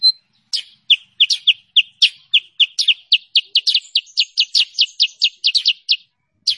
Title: Masteran Kutilang Sutra. suara pikat burung kutilang sutra